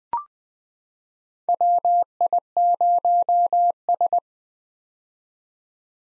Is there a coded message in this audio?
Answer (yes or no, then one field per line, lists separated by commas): yes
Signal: Morse code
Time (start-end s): 1.5-4.2 s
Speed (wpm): 20 wpm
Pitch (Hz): 700 Hz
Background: none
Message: WI0S